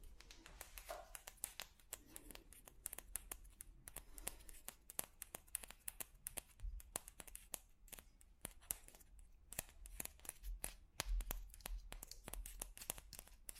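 Sharp taps on different objects land in quick, uneven bursts throughout, crisp and clicky, with a low rumble and faint rustling underneath.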